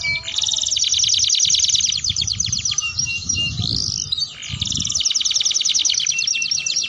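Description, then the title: Atlantic canary song: long bright trills of very rapid notes, a brief pause with a swept note, then the trill rolls on steadily. Belgian canary song played to warm up and stimulate other canaries into singing and to serve as a tutor song for young canaries. "Canto Para Esquentar Canário Belga. Suara Pancingan Kenari Gacor || Untuk Masteran Kenari Paud"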